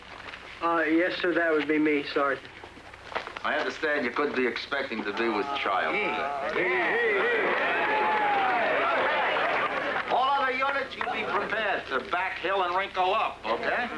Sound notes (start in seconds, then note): 5.0 soundbite of groaning; 5.4 soundbite of applause, cheering